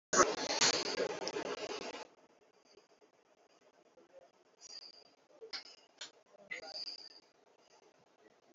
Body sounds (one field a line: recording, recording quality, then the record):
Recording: shallow breathing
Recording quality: excellent, no background noise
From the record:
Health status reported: healthy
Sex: male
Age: 39 years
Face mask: worn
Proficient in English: yes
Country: India